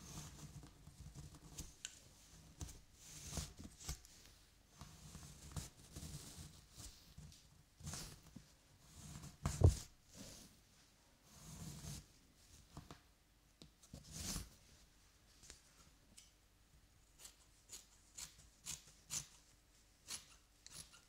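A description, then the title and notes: Hair is brushed in repeated strokes, each a soft, bright swishing rasp lasting about a second, with short gaps between. The strokes come irregularly and vary in strength, one louder bump near the ten-second mark. ASMR Haircut Tutorial Hair Brushing for Relaxation.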